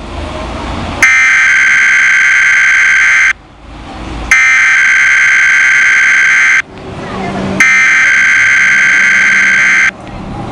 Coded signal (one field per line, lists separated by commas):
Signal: Emergency Alert System (SAME) tones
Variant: header bursts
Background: speech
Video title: Weather Radio EAS No 39 & 40 Required Weekly and Monthly Tests